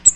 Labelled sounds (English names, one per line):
Cape May Warbler flight call